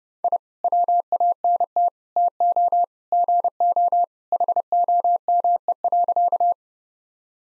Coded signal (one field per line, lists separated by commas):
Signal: Morse code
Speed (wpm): 30 wpm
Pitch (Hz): 700 Hz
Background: none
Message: I WANT TO GO HOME.